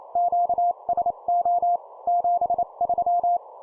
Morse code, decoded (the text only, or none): QSO 73